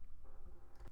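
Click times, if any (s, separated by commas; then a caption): none. A magnet-held section of an Art Asylum Star Trek TOS prop phaser, fitted with a rare-earth magnet and a brad nail head set in putty, is handled as it is brought toward the phaser body. Only soft, muffled handling and rubbing noises are heard across the second. Nothing has seated or clicked yet.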